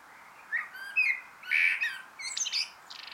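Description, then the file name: Eurasian blackbird song: a few soft fluted notes building to a louder warble, finished with a jumbled high twitter. "Turdus merula"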